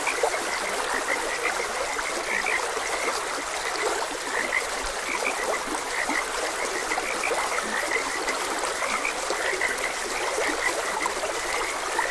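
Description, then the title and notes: Many frogs call at once, a busy stream of brief croaks over the steady rush of flowing water. Frogs croaking beside a gentle stream. "Gentle Stream and Frogs Croaking. Sleep and Relaxation Podcast"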